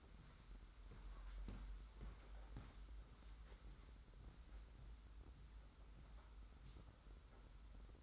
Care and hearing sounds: daily activity, microphone in the room; walk to room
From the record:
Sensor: 3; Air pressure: 991.1 hPa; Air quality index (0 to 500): 104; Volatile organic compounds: 39 ppm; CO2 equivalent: 3129 ppm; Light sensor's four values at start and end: 44/122/50/44 and 44/123/50/44

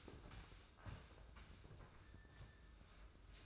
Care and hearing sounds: daily activity, microphone in the room; sweep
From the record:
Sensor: 2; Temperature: 24.2 degrees Celsius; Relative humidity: 31.4%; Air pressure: 995.8 hPa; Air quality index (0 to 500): 93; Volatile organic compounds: 5 ppm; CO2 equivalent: 1716 ppm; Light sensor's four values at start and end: 21/68/27/26 and 23/76/30/28

